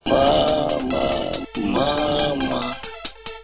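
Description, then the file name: Donkey braying: loud, harsh honking notes alternating in long drawn-out pulls, breaking off briefly midway, then ending in shorter choppy gasps. "asno"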